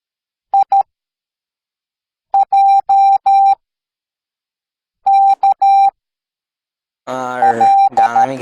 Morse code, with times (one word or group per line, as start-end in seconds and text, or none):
0.5-0.8 I
2.3-3.5 J
5.1-5.9 K
7.4-8.2 L